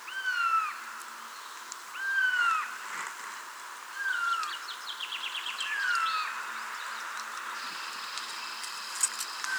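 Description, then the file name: Eurasian jay giving falling, mewing whistled notes roughly every two seconds, with a burst of rapid clicking chatter between the third and fourth notes and faint background noise. "Garrulus glandarius"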